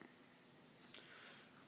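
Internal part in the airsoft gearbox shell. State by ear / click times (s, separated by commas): not seated / none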